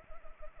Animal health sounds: mosquito wingbeat signal from an infrared sensor; Anopheles arabiensis

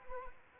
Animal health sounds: mosquito wingbeat signal from an infrared sensor; Anopheles arabiensis

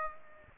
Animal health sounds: mosquito wingbeat signal from an infrared sensor; Aedes aegypti

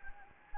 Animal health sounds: mosquito wingbeat signal from an infrared sensor; Anopheles gambiae

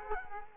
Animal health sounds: mosquito wingbeat signal from an infrared sensor; Culex quinquefasciatus

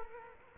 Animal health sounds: mosquito wingbeat signal from an infrared sensor; Culex quinquefasciatus

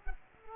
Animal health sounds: mosquito wingbeat signal from an infrared sensor; Culex quinquefasciatus

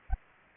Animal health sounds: mosquito wingbeat signal from an infrared sensor; Culex pipiens

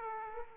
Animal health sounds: mosquito wingbeat signal from an infrared sensor; Aedes aegypti

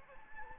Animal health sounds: mosquito wingbeat signal from an infrared sensor; Anopheles gambiae

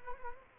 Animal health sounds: mosquito wingbeat signal from an infrared sensor; Culex quinquefasciatus

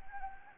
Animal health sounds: mosquito wingbeat signal from an infrared sensor; Anopheles gambiae

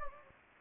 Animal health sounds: mosquito wingbeat signal from an infrared sensor; Anopheles gambiae

